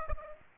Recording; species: mosquito wingbeat signal from an infrared sensor; Aedes aegypti